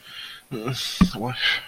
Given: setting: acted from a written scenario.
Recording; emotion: vocal sound without words; shame